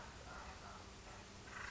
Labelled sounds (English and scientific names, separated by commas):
Acorn Woodpecker (Melanerpes formicivorus)